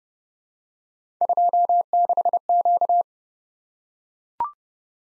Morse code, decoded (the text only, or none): 26Q